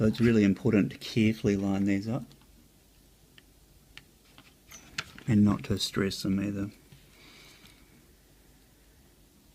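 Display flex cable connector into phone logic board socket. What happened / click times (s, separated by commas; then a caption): The connector is being lined up and has not seated yet / none. Someone talks while replacement display flex cable connectors for an AliExpress iPhone 6 Plus display are carefully lined up over the phone's logic board sockets, with a few faint, sharp ticks of handling in the quiet pause between the speech. The clip ends before the connectors are pressed home, so nothing has seated or clicked yet.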